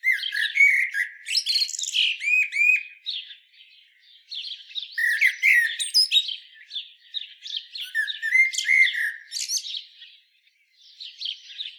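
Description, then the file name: Common blackbird in steady twittering song: mellow low warbles mixed with thin, high squeaks, running almost without pause before a short quiet gap and a final phrase. "Turdus merula"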